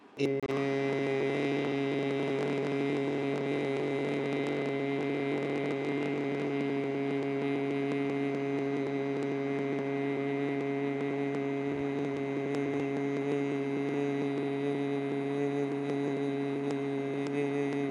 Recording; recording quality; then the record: sustained vowel as in made; excellent, no background noise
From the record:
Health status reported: healthy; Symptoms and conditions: none ticked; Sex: male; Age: 19 years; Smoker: not ticked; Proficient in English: yes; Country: India